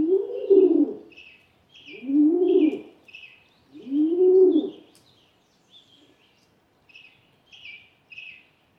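Rock pigeon giving three deep arched coos, then quiet apart from scattered high chirps of other birds.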